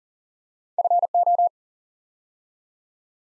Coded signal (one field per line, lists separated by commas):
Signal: Morse code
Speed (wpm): 42 wpm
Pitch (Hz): 700 Hz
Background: none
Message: FO